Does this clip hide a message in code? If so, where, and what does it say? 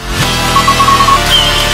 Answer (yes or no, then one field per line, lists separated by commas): no